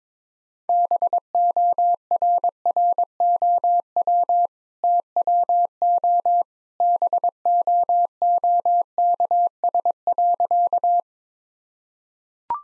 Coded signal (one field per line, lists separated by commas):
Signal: Morse code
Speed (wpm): 22 wpm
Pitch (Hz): 700 Hz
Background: none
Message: BORROW TWO BOOKS.